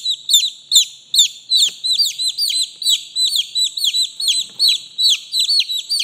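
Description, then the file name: Chick giving loud, shrill, falling peeps in quick succession, with a couple of light taps in the background. Chick, a young chicken, calling. "Tieng ga con keu"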